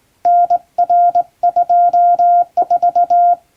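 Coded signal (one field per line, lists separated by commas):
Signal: Morse code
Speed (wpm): 20 wpm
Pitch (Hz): 700 Hz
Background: none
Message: NR24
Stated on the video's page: Morse code practice sent with a straight key.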